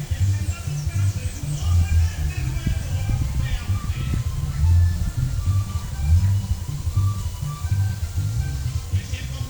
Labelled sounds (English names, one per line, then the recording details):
none
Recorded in pastures near Puerto Asís, Putumayo, Colombia, on 22 December 2024 at 13:30
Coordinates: 0.497, -76.327
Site G088